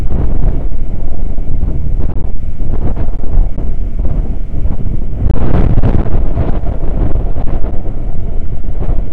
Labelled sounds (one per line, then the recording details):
wind
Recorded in the Prudhoe Bay oil fields, Alaska, on 9 August 2019 at 00:06
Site 29